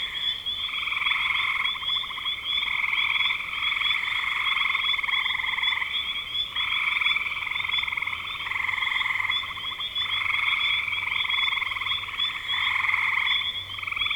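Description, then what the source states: Frog chorus of overlapping pulsed trills, each lasting a second or two, swelling and easing without pause; a faint low hum runs underneath. Frogs in spring 2025.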